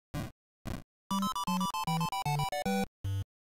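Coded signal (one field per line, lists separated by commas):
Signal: none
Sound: video game music sounds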